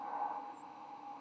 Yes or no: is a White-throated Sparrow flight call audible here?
no